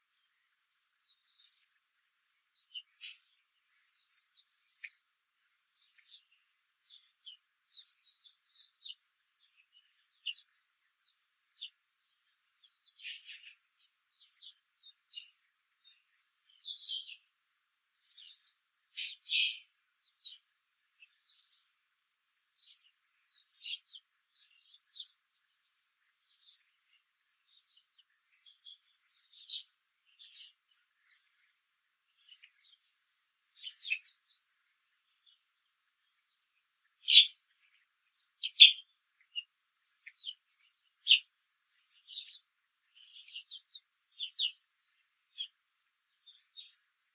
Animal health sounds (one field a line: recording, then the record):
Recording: young laying hens in a cage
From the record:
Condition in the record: control cage, after the stress test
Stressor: none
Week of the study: 4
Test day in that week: 1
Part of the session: 2